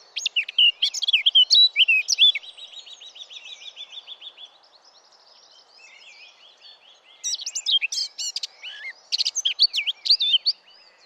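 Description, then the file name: Eurasian blackcap song: bursts of rapid, varied warbled notes, then a softer buzzy trill of repeated notes in the middle, before the loud warbling returns. "Sylvia atricapilla"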